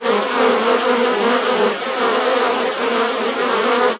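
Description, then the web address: Bees buzzing as a continuous dense drone with a steady hum, loudness dipping slightly midway and recovering over the few seconds. "anasyn caracalla thesis ulyanov bees"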